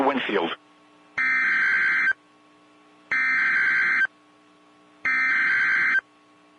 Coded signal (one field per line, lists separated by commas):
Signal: Emergency Alert System (SAME) tones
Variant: header bursts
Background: speech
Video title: TOR for Carroll County, MD (EAS #163)